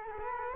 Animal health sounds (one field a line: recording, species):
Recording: mosquito wingbeat signal from an infrared sensor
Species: Culex quinquefasciatus